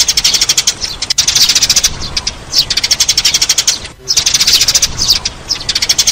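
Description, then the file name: Sparrow chirping in fast bursts of short, bright, high notes, pausing briefly between bursts. "Tieng se"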